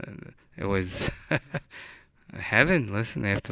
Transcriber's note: he laughs